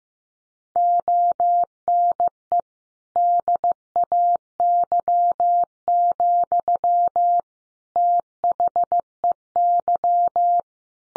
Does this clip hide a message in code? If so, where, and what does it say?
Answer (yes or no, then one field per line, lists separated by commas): yes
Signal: Morse code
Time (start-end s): 0.8-10.6 s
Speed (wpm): 15 wpm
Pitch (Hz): 700 Hz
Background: none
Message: ONE DAY, THEY